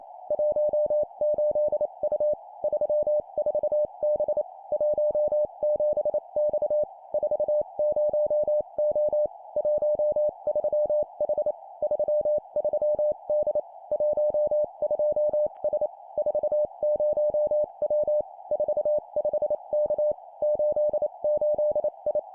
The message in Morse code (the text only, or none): 18U 34B 17X 40O 13H 33D 12S 40W 45K 88I